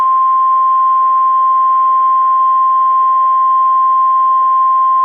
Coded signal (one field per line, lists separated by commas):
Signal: Emergency Alert System (SAME) tones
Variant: 1050 Hz attention tone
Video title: NOW IT'S MINNESOTA'S TURN... EAS Alerts from 3/10/2021 (EAS #204-212)